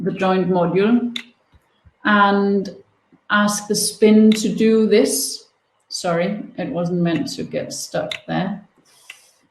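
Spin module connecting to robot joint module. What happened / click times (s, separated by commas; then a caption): The plastic module clicked into its connector / 9.1 s. A plastic spin module is attached to the joint module of an educational robot while someone talks, briefly getting stuck before it goes on. A short, sharp click is heard at 9.1 seconds as the modules lock together and seat.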